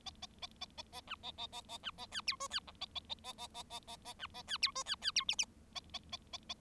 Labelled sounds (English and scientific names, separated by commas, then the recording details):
Bengalese Finch (Lonchura striata domestica) song
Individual Bird7